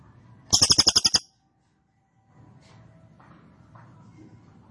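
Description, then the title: Cililin giving one fast, rattling burst of about eight sharp high notes, followed by quiet background noise. Cililin song recorded for training caged birds; the bird is described as singing energetically in a non-stop 'trorol' trilling style. "Cililin AMPUH"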